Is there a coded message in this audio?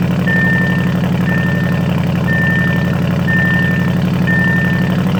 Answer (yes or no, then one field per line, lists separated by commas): no